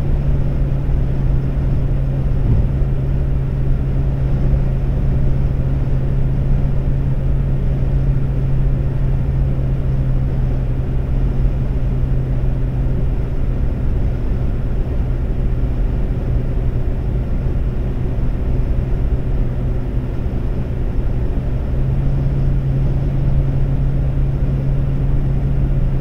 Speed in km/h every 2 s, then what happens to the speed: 138, 138, 138, 138, 138, 138, 138, 138, 138, 138, 138, 138, 138.
0-26 steady at about 138.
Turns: none.